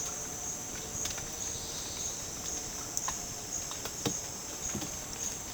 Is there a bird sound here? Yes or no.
no